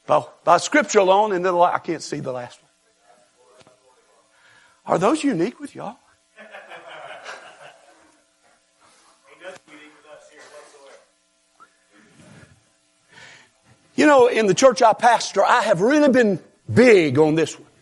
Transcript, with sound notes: by Scripture alone, and the last one, I can't see the last one. Are those unique with you all?. [Laughter] You know, in the church I pastor, I have really been big on this one.